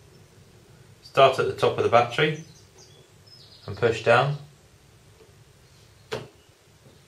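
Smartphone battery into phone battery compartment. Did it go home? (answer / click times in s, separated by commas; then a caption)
yes / 6.1 s. A phone battery is set in at its top end and pushed down into the battery compartment of a Samsung Galaxy Note 2 (GT-N7100), while someone talks from about 1.1 to 2.4 s and 3.7 to 4.4 s. A single short click at 6.1 s marks the battery seating in its bay.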